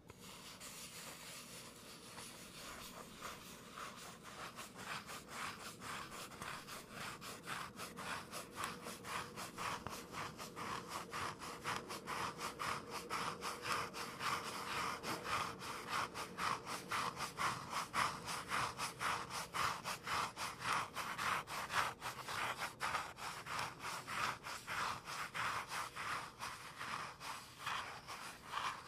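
Gentle tapping and scratching runs steadily through the clip, a dense, fast, regular stream of small strokes with a sawing, wooden texture. It starts a little softer and grows fuller after the first few seconds, holding an even level to the end.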